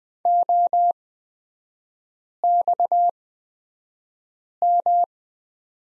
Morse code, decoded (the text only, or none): OXM